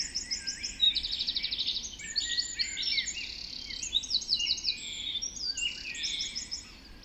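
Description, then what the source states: Birds in a busy dawn chorus, rapid high trills and varied chirping phrases from several singers layered without pause. Dawn chorus recorded just after dawn in the Forest of Dean.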